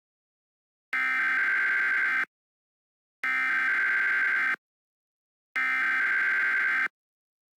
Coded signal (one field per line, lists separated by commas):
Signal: Emergency Alert System (SAME) tones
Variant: header bursts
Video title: Eas Mock 52: Child Abduction Emergency for Nueces and San Patricio Texas.